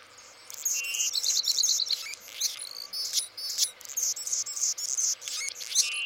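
Anna's hummingbird singing a jumble of thin, squeaky buzzes and sharp chips, high and wiry.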